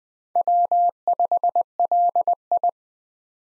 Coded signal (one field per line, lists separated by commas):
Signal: Morse code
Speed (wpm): 20 wpm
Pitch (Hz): 700 Hz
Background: none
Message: W5LI